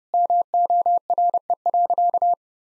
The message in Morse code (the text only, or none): MORE.